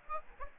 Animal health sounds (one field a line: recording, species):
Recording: mosquito wingbeat signal from an infrared sensor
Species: Aedes aegypti